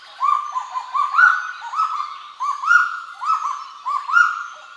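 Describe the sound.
Kagu uttering repeated ringing notes that step slightly upward, in short runs.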